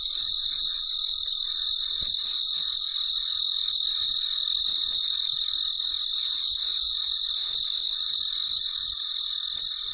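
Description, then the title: Cricket chirping, a steady train of high, bright pulses about three per second, with a continuous high hiss behind it. Recorded late at night, described as very quiet. "深夜录制蟋蟀昆虫声"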